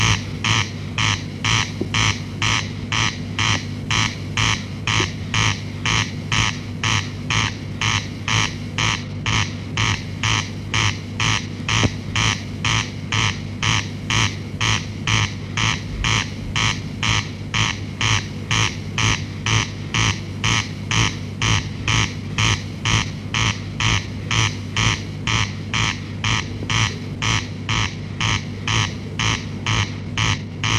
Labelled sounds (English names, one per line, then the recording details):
Corn Crake song
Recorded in the wild
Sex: male
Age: adult
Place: Dobre Miasto, Warminsko-Mazurskie, PL
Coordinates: 54.04, 20.4844
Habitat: hollow within forest
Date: 1965-07-10 22:00
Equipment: Grundig TK 4, BG 20/6 - 19 cm/s
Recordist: Schubert, Michael